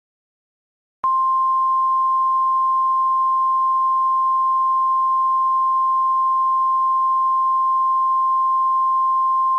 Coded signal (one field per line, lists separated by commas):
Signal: Emergency Alert System (SAME) tones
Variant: 1050 Hz attention tone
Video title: EAS scenario #2: The Day Will Break